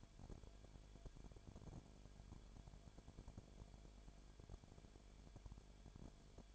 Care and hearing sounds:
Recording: daily activity, microphone in the room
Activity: no activity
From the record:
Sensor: 5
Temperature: 19.8 degrees Celsius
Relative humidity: 33.3%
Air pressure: 1001.4 hPa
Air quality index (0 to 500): 31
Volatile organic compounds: 1 ppm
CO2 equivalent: 525 ppm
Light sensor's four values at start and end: 2/3/1/1 and 2/3/1/1

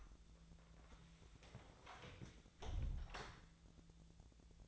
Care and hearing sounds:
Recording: daily activity, microphone in the room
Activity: close door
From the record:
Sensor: 3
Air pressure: 1000.4 hPa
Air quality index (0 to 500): 178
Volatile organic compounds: 4 ppm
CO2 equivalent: 1547 ppm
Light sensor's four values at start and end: 15/35/15/15 and 14/35/15/15

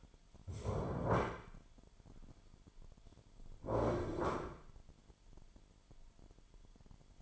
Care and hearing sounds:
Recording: daily activity, microphone in the room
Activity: stand up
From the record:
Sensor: 5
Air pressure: 998.6 hPa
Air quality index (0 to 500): 86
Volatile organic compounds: 2 ppm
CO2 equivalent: 988 ppm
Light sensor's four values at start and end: 46/111/46/51 and 45/108/45/50

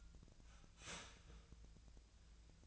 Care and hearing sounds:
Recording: daily activity, microphone in the room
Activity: start toaster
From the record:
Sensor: 2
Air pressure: 1009.1 hPa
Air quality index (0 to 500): 186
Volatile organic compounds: 11 ppm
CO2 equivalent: 2312 ppm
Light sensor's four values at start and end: 23/57/24/26 and 23/57/24/26

